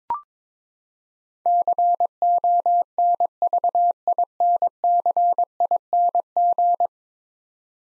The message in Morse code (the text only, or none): CONVINCING